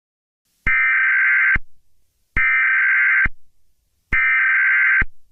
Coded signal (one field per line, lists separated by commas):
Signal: Emergency Alert System (SAME) tones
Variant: header bursts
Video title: EAS Scenario 3 | Garten of BanBan Chapter 2: The surface of the Abyss